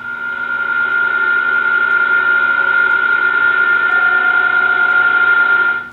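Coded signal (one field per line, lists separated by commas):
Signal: PSK31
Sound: a steady warbling tone with fainter tones under a band of radio hiss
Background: radio static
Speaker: and basically um you have these sound streams this is actual sound that the radio is is putting out by a station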